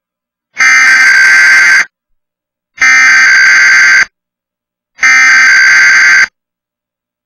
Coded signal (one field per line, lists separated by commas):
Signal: Emergency Alert System (SAME) tones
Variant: header bursts